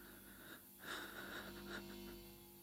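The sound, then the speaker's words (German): A slow, deep breath drawn in and let out, with a soft wheezy, airy hiss that swells in the middle and fades again. It is quiet, with no talking, over a faint steady hum. “Tief atmen.”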